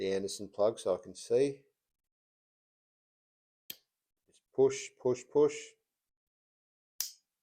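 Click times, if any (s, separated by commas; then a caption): 7.0 s. A power connector contact is pushed into an Anderson plug housing while someone talks, and at 7.0 s a sharp click is heard as the spring locks it. The contact is seated and secured in place. A fainter tick is also heard at 3.7 s.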